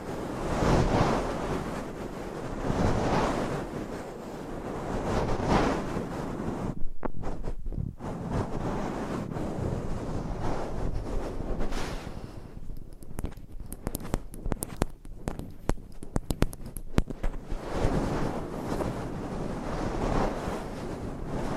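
Binaural mic scratching and massage makes rough, swelling rubbing sounds, broken by bursts of quick sharp tapping around eight seconds and fifteen seconds.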